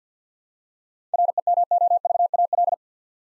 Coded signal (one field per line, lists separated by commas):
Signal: Morse code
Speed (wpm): 50 wpm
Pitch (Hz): 700 Hz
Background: none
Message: REMOVAL